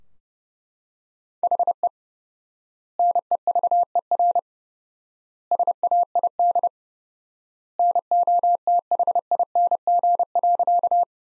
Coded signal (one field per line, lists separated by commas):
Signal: Morse code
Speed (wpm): 30 wpm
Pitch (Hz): 700 Hz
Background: none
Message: HE NEVER SAID NOTHING.